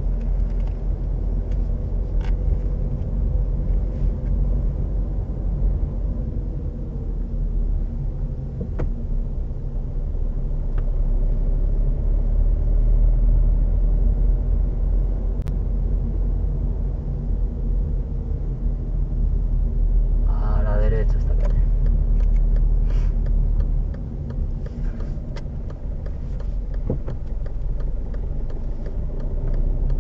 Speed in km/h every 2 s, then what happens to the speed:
22, 23, 23, 21, 15, 15, 18, 22, 22, 20, 19, 19, 16, 9, 12.
4-8 slows to 15. 8-16 speeds up to 22. 16-23 steady at about 19. 23-26 slows to 9.